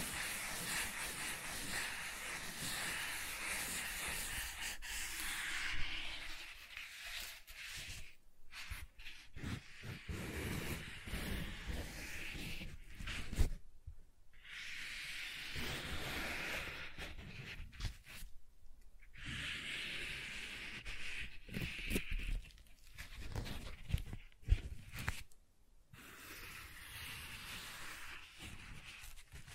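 Soft tracing across smooth and rough surfaces, a continuous airy scratching and hissing that swells and fades in long strokes. Brief silent gaps break it up, around 8, 13, 19 and 25 seconds, with a low rumble underneath and occasional light taps.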